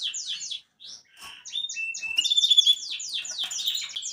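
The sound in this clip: Canary song in quick bursts of high, downward-slurred notes, a short gap, then a sustained pure whistle under chattering sweeps that grow louder.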